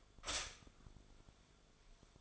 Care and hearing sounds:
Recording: daily activity, microphone in the room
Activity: stop toaster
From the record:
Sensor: 5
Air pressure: 1014.8 hPa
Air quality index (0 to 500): 197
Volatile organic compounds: 8 ppm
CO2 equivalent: 2097 ppm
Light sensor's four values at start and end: 16/37/14/13 and 16/37/14/13

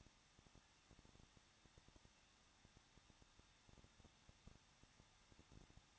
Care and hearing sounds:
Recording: daily activity, microphone in the room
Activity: no activity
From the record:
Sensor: 3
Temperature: 21.2 degrees Celsius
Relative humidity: 36.2%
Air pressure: 1006.4 hPa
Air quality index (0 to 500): 221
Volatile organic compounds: 40 ppm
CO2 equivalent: 3145 ppm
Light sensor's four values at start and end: 2/3/2/2 and 2/3/2/2

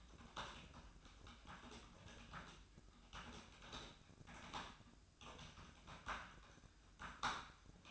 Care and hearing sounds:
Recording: daily activity, microphone in the room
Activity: typing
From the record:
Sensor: 2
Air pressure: 1007.5 hPa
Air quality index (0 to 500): 43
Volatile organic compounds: 1 ppm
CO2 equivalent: 549 ppm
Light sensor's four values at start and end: 8/19/8/8 and 8/19/8/8

